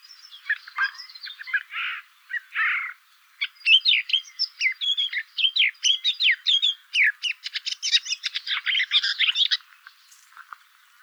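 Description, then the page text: Woodchat shrike giving harsh, scratchy calls at first, then a long, dense rattle of rapid clicking and squeaky chattering notes lasting several seconds before falling quiet. Adult pair, male and female, calling while perched atop a big oak in a hay field near a small pond, Magliano in Toscana, Italy, 130 m, 30 June 2008, 6 a.m. "LANIUS SENATOR - WOODCHAT SHRIKE - AVERLA CAPIROSSA. 30/june/2008 (6 a.m.). one pair is perched on the top of a big oak, in a hay field near a small pond. Poderone near Magliano in Toscana. calls perched"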